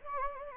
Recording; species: mosquito wingbeat signal from an infrared sensor; Anopheles gambiae